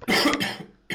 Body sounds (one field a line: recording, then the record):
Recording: coughing mixed with background sound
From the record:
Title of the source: Man Coughing Sound - Wet Cough Sound Effect